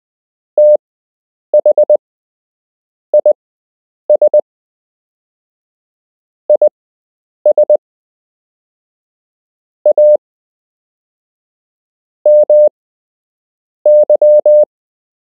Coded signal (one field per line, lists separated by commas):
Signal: Morse code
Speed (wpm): 20 wpm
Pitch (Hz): 600 Hz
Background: none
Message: THIS IS A MY